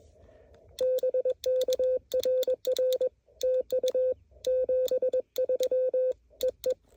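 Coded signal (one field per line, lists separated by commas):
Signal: Morse code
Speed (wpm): 22 wpm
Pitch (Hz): 510 Hz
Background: none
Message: BK RR TU 73 EE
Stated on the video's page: QRP CW Parks on the Air activation with an LNR Mountain Topper 4B at a few watts.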